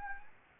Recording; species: mosquito wingbeat signal from an infrared sensor; Anopheles gambiae